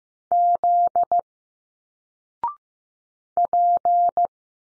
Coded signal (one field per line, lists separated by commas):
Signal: Morse code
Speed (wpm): 15 wpm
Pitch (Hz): 700 Hz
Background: none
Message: Z P